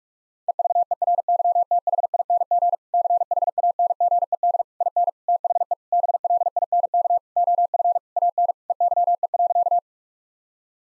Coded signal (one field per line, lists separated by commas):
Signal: Morse code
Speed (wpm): 46 wpm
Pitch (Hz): 700 Hz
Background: none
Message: EVERYTHING CHANGED IN THE BLINK OF AN EYE.